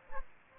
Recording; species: mosquito wingbeat signal from an infrared sensor; Aedes aegypti